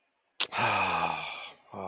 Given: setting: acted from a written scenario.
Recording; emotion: vocal sound without words; guilt